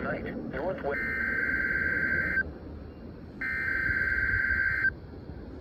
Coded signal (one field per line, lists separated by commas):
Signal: Emergency Alert System (SAME) tones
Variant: header bursts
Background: speech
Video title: Required Weekly Test Compilation (EAS #768-776)